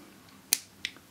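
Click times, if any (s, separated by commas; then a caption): 0.5 s. A plastic clip axle is pushed into the slot of a plastic cog wheel from a fischertechnik construction toy set. It seats with a sharp snap at 0.5 s, followed by a softer click at 0.9 s. The clip axle is fully connected in the cog wheel.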